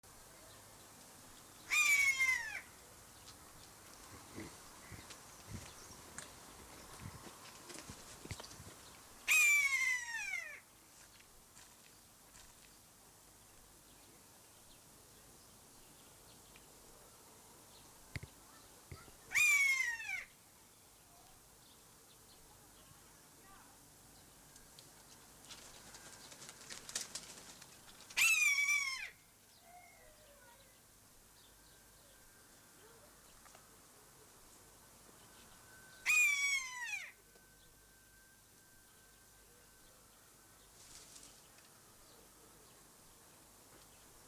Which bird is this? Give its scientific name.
Buteo buteo